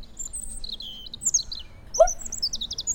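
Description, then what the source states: European robin calls: thin, very high tsip and twittering notes, with one short lower note partway through, over a faint low hum. Robin about half a metre in front of the observer on a balcony in central Cologne, Germany, during NABU's hour-long garden bird count in the first week of May.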